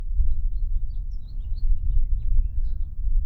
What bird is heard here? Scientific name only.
Haemorhous mexicanus